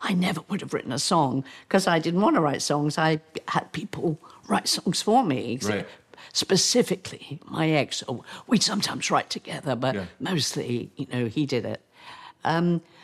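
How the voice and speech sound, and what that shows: An adult woman, a folk-rock singer, speaks in short, effortful phrases with frequent pauses, creaky voice breaks and drawn-out sounds. This fits spasmodic dysphonia, a rare, progressive neurological voice disorder with no cure, in which the vocal folds spasm during speech. She also has tremors, which are treated with medication.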